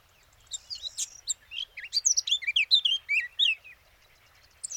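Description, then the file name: Eurasian blackcap singing a hurried phrase of sweet, slurred whistles and twittering notes lasting about three seconds, then a brief pause. "Sylvia atricapilla"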